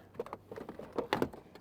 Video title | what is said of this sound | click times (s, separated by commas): Activating Rear Fog Lights in your Mini Cooper | panel is held on by 6 tabs, and it just pops right in. | 1.1 s